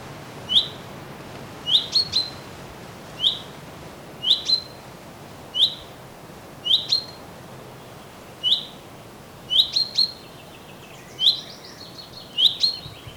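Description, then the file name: Common chaffinch uttering bright, clipped chip notes about every second or two, some in quick pairs, over a constant hiss, with brief twittering near the end. "Fringilla coelebs"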